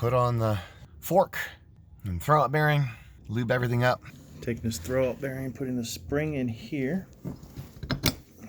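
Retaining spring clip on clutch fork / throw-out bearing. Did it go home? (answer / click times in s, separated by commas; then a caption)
yes / 7.9 s, 8.1 s. Someone talks while fitting the clutch fork and throw-out bearing on a Dodge Ram, Chrysler or Jeep 3.7 or 4.7, then pushes the metal retaining spring onto the clutch fork. Sharp metallic clicks are heard at 7.9 s and 8.1 s as the spring locks in place on the fork.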